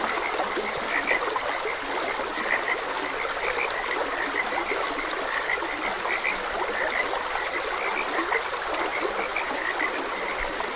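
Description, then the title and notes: Frog chorus of dense repeated chirps with faint low croaks, accompanied by a continuous rush of stream water. Frogs croaking beside a gentle stream. "Gentle Stream and Frogs Croaking. Sleep and Relaxation Podcast"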